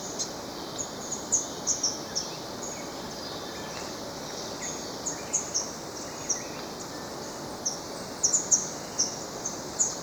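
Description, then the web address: Vermilion tanager repeating thin, piercing high notes at irregular intervals, sometimes doubled, throughout over a steady hiss. Ecuador. "Natures Songs S America Birds of Ecuador Vermilion Tanager"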